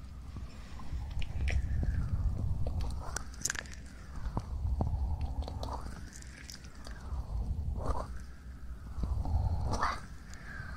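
Ear cleaning and ear massage with a muffled, rubbing low rumble that swells and fades in slow waves about every two to three seconds. Sharp scratchy clicks and crackles pop through often, with a few brighter squeaks that rise and fall in pitch.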